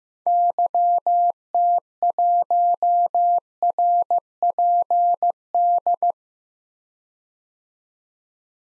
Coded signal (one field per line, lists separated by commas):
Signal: Morse code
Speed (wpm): 15 wpm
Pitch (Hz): 700 Hz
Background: none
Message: YT1RPD